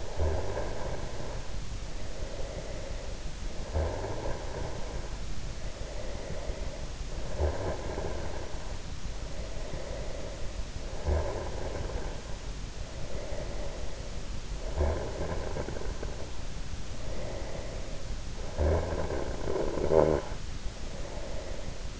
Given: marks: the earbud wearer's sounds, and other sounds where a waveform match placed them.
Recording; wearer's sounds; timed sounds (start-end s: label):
sounds in sleep by an in-ear microphone; snoring breath
0.00-3.44 s: snoring breath
3.59-7.18 s: snoring breath
7.33-14.48 s: snoring breath
14.63-18.30 s: snoring breath
18.45-22.00 s: snoring breath